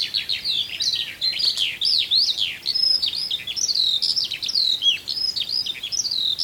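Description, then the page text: Eurasian skylark singing a continuous high warble of chirps, sharp rising whistles and buzzy trills, delivered rapidly and without breaks. "Põldlõoke"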